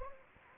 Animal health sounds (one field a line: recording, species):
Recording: mosquito wingbeat signal from an infrared sensor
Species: Anopheles gambiae